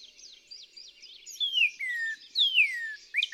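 Northern cardinal song: clear whistles slurring down from high to lower pitch, over a soft chorus of other small birds.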